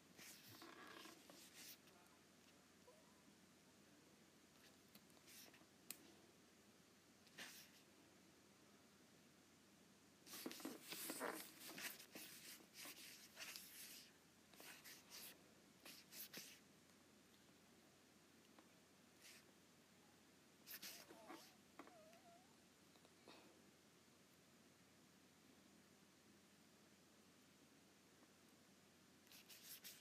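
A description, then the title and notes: A stylus taps and scratches on a tablet screen. Crisp clicks come singly early on, then cluster in busier bursts of quick taps and strokes around ten to twelve, fifteen to sixteen, and twenty to twenty-two seconds, against a soft steady hush. ASMR Apple Pencil on iPad.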